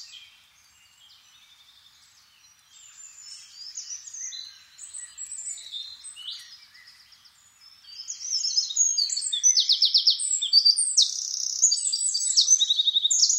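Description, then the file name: Eurasian wren singing a fast, high-pitched stream of notes. It starts faint and builds into loud, rattling trills over the last five seconds. "Troglodytes troglodytes"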